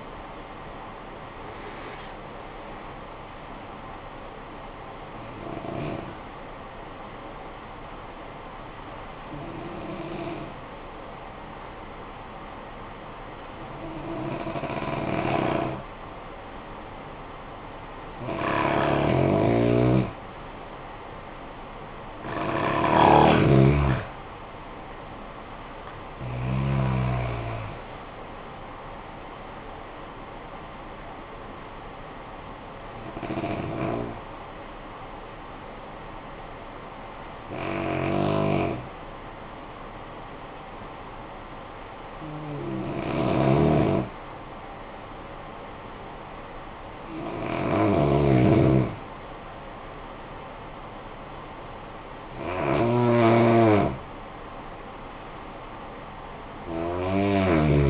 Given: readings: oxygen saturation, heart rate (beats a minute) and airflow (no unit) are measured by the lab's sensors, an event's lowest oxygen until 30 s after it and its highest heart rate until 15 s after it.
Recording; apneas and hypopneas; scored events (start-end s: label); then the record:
breathing in sleep by a voice recorder at the bedside; 2
4.00-19.30 s: hypopnea (N1, oxygen 94% highest, then 88% lowest, heart rate 67 at the start, 67 highest)
36.00-46.50 s: hypopnea (N1, oxygen 89% highest, then 88% lowest, heart rate 56 at the start, 60 highest)
From the record:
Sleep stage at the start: N1 (lightest sleep); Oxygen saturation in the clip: 88 to 95%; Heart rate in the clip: 50 to 67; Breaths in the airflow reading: 12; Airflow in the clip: -13.0 to 12.8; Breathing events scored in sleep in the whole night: 445 in 7.6 hours asleep